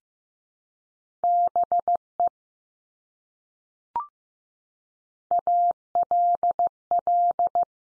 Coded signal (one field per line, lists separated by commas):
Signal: Morse code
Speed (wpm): 15 wpm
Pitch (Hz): 700 Hz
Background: none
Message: BE ALL